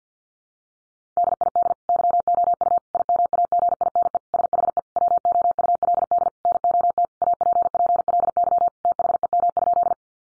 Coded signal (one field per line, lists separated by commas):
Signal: Morse code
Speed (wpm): 50 wpm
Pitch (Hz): 700 Hz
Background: none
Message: DID YOU IMAGINE SHE WOULD NOT APPLY THEM?